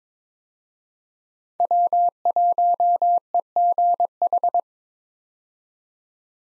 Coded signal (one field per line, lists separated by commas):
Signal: Morse code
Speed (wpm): 22 wpm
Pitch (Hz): 700 Hz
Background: none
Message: W1EGH